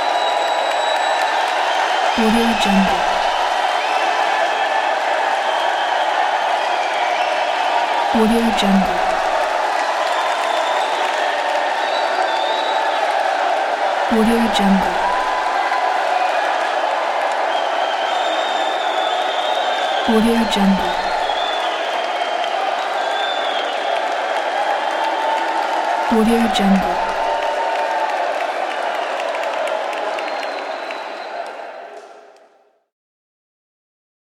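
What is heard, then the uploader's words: A large arena crowd roars steadily with dense cheering, while a deep booming beat repeats every six seconds until everything cuts off near the end. Crowd Cheering in Large Arena Sound Effect.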